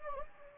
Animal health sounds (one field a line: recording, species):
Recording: mosquito wingbeat signal from an infrared sensor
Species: Anopheles gambiae